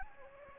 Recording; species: mosquito wingbeat signal from an infrared sensor; Anopheles gambiae